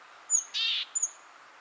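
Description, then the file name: Great tit call: a high thin whistle, then a harsh buzzy rasp, then another high whistled note. "Parus major"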